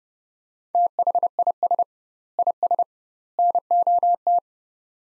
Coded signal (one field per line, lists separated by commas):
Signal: Morse code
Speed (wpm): 31 wpm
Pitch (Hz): 700 Hz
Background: none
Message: THIS IS NOT